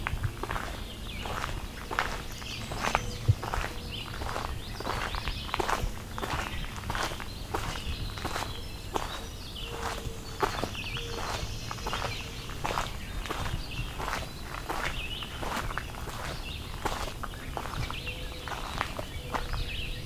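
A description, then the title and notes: Outdoors by a lake in June, footsteps crunch along at a steady walking pace, regular throughout. Small birds chirp and whistle intermittently in the background, over a low, constant outdoor rumble. Valens Lake in June. In June of 2021 I returned to Valens Lake, during the height of breeding season.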